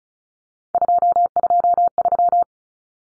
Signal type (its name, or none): Morse code